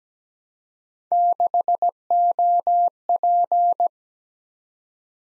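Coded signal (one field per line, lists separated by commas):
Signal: Morse code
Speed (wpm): 17 wpm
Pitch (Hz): 700 Hz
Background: none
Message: 6OP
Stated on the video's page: Computer-generated Morse practice drill of random three-character letter-number groups at 17 wpm, each group sent, spoken, then sent again.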